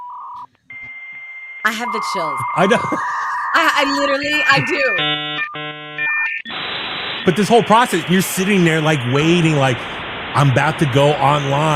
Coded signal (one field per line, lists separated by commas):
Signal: dial-up modem handshake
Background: speech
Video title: Huey Goes To The Gym, AOL To End Dial Up Internet Service After 34 Years & Everyone’s Happy But Me